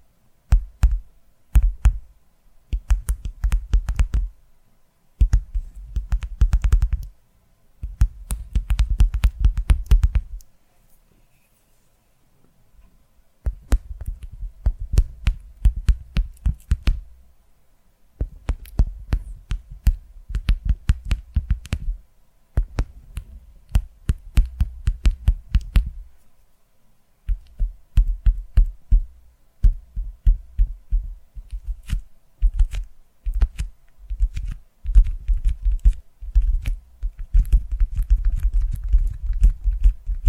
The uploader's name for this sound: ASMR Tapping Through Your Brain